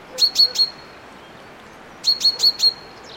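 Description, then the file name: Common chaffinch call notes, two tight groups of bright high chips, three then four, separated by a brief pause, over a soft hiss. "Fringilla coelebs"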